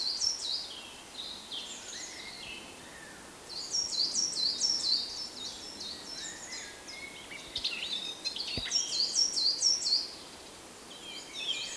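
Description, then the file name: Eurasian blackcap song, repeated bursts of high, quick warbling with thin rising notes, quiet gaps between phrases. "Sylvia atricapilla"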